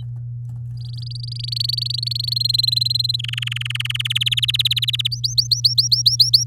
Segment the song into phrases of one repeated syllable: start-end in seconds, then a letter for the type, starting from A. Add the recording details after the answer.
0.77-2.34 A, 2.36-3.16 B, 3.18-4.08 C, 4.10-5.08 D, 5.11-6.44 E. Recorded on 6 May 2018 at 12:37. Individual llb16